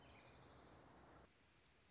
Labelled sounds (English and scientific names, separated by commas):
Orange-crowned Warbler (Leiothlypis celata)